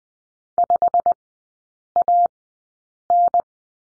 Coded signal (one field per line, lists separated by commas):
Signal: Morse code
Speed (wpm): 20 wpm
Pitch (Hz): 700 Hz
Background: none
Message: 5AN